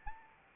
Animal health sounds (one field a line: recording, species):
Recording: mosquito wingbeat signal from an infrared sensor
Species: Anopheles arabiensis